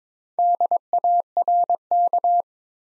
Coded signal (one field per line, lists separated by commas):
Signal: Morse code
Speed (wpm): 22 wpm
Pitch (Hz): 700 Hz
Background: none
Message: DARK